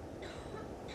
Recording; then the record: coughing mixed with background sound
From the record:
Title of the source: female coughing - coughing sound effects girl